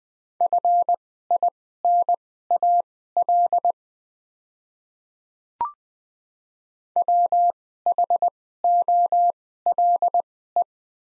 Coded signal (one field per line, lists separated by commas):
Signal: Morse code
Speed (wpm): 20 wpm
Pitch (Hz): 700 Hz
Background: none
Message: FINAL WHOLE